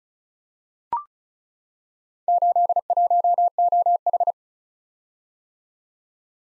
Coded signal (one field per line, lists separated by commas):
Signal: Morse code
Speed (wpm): 36 wpm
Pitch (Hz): 700 Hz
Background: none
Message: 81OH